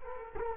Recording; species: mosquito wingbeat signal from an infrared sensor; Culex quinquefasciatus